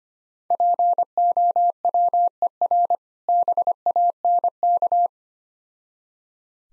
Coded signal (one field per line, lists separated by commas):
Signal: Morse code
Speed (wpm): 25 wpm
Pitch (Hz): 700 Hz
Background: none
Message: POWER BANK